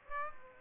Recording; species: mosquito wingbeat signal from an infrared sensor; Aedes aegypti